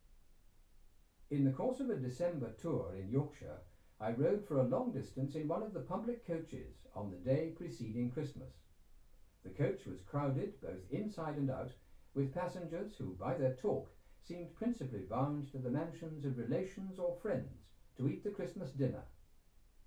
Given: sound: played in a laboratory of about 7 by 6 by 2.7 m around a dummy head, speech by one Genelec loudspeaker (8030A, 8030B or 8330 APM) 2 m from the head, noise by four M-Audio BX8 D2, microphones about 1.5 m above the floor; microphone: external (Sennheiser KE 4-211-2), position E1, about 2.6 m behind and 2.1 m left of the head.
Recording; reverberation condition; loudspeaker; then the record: male speech in English; low; behind (180 degrees)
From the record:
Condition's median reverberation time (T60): about 310 ms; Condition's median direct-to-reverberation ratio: about 3.5 dB